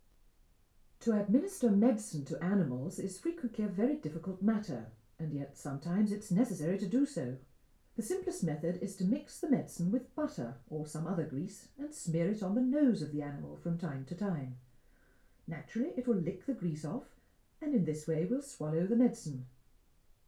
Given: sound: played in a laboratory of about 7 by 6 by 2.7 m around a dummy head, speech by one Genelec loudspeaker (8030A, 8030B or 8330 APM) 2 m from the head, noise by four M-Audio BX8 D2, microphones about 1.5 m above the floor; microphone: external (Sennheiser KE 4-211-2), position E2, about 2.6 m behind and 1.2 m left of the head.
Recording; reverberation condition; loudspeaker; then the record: female speech in English; low; 150 degrees to the left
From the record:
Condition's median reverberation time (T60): about 310 ms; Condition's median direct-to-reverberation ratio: about 3.5 dB